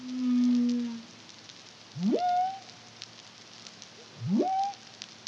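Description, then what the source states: Humpback whale song: a low droning hum is followed by two rising swoops that glide up and flatten into high tones, roughly two seconds apart, with soft crackling noise. Caribbean, CARIMAM project, 2023.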